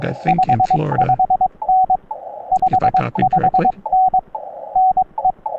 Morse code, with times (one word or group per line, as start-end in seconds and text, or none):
0.3-2.0 55N
2.5-4.2 55N
4.8-5.3 NE